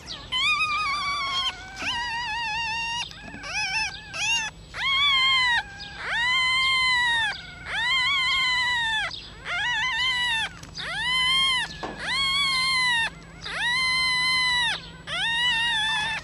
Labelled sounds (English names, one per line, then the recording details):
Red Fox
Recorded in captivity
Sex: diverse
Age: juvenile
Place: Zoologisches Institut der HUB, Berlin, DE
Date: 1956-04-30 13:00
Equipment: Elmetra
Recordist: Tembrock, Günter
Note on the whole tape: Molly-Welpen: Weibchen: Quärren mit Tremolo; Weibchen: Quärren mit scharfem Crescendo; Männchen: Quärren (leicht tremolierend) zweimal